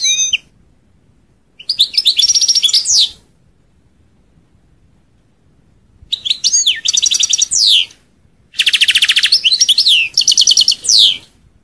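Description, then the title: European goldfinch song in several bursts of fast tinkling twitters and buzzy trills, with silent gaps between them. "Chant Chardonneret"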